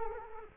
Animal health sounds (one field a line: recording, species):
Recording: mosquito wingbeat signal from an infrared sensor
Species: Culex quinquefasciatus